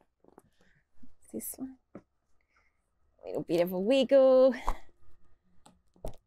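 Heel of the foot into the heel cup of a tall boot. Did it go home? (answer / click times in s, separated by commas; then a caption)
yes / 6.0 s. A foot is pulled into a new tall leather boot straight out of the box, with a little wiggle to work the heel down. Someone talks over soft rustling and faint taps. At 6.1 s there is a sharp click as the heel passes the heel cup and seats in the boot.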